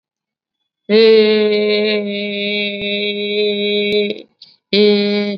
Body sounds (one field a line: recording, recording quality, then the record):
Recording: sustained vowel as in beet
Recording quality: excellent, no background noise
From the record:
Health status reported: COVID-19 positive, mild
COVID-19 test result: positive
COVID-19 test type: RT-PCR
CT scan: not taken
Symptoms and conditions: cough, fever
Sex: female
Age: 65 years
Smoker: no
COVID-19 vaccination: both doses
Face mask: worn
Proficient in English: yes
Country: India